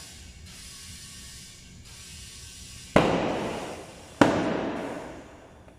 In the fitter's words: It's going to have the amount of force in the opposite direction now, so it's going to probably snap into place.